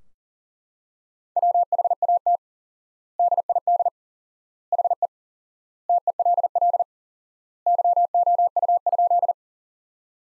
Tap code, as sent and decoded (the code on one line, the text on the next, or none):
none